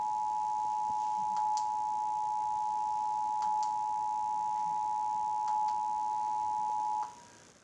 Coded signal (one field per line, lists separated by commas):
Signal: Emergency Alert System (SAME) tones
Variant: 853 and 960 Hz attention tone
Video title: Texas EAS Required Monthly Test October 2017